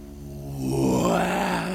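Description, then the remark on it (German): A man's voice imitates a lion's roar while playing the part of the lion in a play, a single drawn-out, rising growl that swells louder and rougher midway and holds strong to the end. “Peter Squinz, lasst mich den Löwen auch spielen. Ich will brüllen, dass es einem Menschen im Leibe wohltun soll, mich zu hören.”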